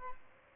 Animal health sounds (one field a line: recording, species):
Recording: mosquito wingbeat signal from an infrared sensor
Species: Aedes albopictus